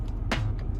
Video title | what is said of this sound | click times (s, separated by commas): Installing HaHoco Dash Cam 1080P Full HD, 2 Mounting Options | and we can get it perfectly aligned to lock it you just hear the click | 0.3 s